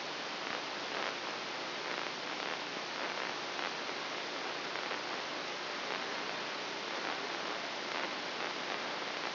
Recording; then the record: brain microelectrode recording played as sound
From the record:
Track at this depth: inside the subthalamic nucleus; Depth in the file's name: 3.114 mm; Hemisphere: left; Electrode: 3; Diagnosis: Parkinson's disease